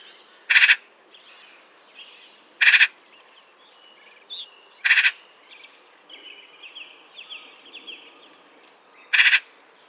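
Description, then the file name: Eurasian magpie uttering single harsh, grating calls at uneven intervals, about four in ten seconds, over soft chirping and whistling of other birds. "Pica pica"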